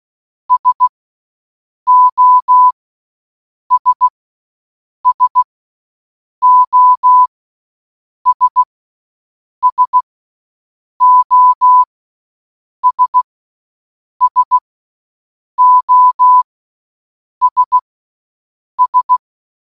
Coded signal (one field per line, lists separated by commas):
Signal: Morse code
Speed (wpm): 16 wpm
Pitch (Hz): 1000 Hz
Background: none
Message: SOS SOS SOS SOS S